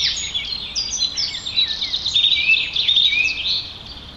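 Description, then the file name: Song thrush delivering a dense stream of high whistles and chattering notes, barely pausing, over steady hiss. "Turdus philomelos - Song Trush"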